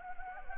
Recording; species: mosquito wingbeat signal from an infrared sensor; Anopheles gambiae